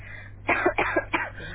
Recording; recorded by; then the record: voluntary cough; telephone call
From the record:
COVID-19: positive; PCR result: self-reported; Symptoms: no